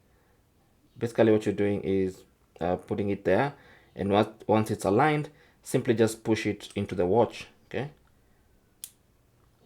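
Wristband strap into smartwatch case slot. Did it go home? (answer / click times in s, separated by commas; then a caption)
yes / 8.8 s. Someone talks while a wristband strap end is aligned with the slot on an upside-down Fitbit Sense 2 smartwatch and pushed into the case. A single short, sharp click sounds at 8.8 s as the strap seats in the watch body.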